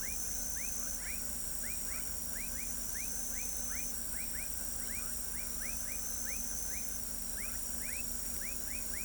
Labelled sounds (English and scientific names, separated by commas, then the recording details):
none
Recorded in pastures near Pivijay, Magdalena, Colombia, on 5 June 2023 at 20:30
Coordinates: 10.456, -74.369
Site P6-G026